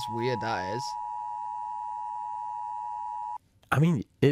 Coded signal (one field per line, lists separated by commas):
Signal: Emergency Alert System (SAME) tones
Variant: 853 and 960 Hz attention tone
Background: speech